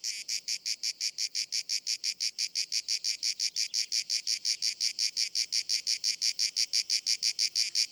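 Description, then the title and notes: Grey cicada song, loud rhythmic buzzing pulses repeated rapidly in a very even beat, with no other sounds. Described as the most abundant and best-known cicada, easily recognised by its particular rhythm; locally called Cacan in Provence. "Nouvelle cigale dans &quot;ECOUTEZ NATURE&quot"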